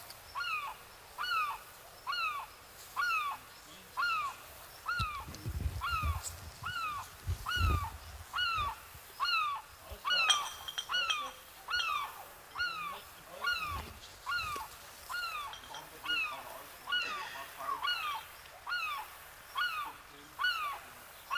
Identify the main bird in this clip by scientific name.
Larus argentatus